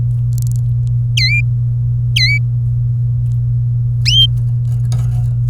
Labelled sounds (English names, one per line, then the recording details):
Domestic Canary song
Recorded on 24 April 2018 at 12:09
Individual llb3